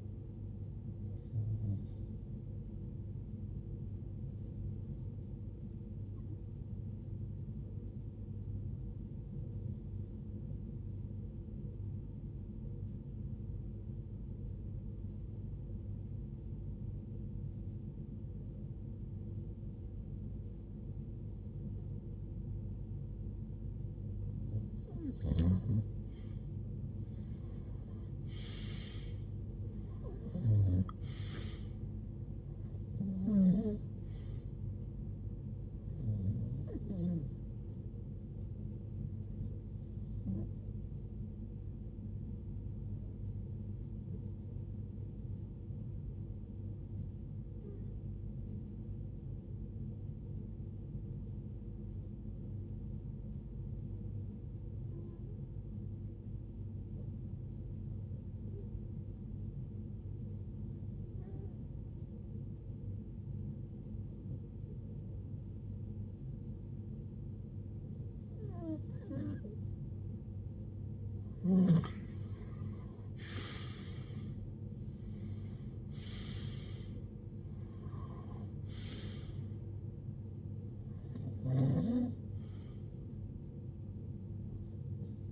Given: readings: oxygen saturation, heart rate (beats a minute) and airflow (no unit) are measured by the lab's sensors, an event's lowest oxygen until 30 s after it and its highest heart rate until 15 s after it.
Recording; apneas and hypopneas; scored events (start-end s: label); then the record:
breathing in sleep by a smartphone at the bedside; 2
10.00-31.30 s: hypopnea (REM, oxygen 92% highest, then 87% lowest, heart rate 62 at the start, 78 highest)
47.00-76.30 s: hypopnea (REM, oxygen 95% highest, then 90% lowest, heart rate 60 at the start, 79 highest)
From the record:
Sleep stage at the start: REM sleep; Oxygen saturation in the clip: 87 to 96%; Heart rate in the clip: 52 to 79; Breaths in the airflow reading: 24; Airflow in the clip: -15.9 to 13.9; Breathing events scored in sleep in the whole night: 389 in 6.3 hours asleep